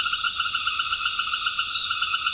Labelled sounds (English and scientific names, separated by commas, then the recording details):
none
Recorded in dense forest near Puerto Asís, Putumayo, Colombia, on 8 March 2025 at 19:00
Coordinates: 0.484, -76.325
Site G045